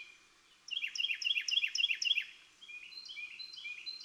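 Bird song: a loud series of quick, downward-swept chirps, followed by softer twittering notes, with a constant hiss underneath.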